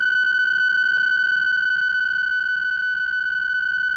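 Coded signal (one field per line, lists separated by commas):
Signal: PSK63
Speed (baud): 62.5 baud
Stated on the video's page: VOA Radiogram shortwave broadcast test of several digital modes, from the eastern North Carolina transmitter.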